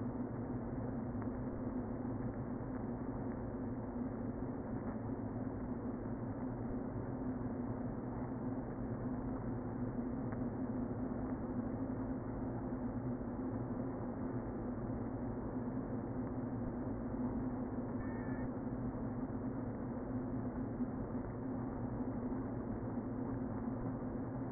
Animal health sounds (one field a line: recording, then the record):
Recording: honeybee colony, microphone inside the hive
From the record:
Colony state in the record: queen present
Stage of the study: before two queens were removed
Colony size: about 60,000 bees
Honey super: yes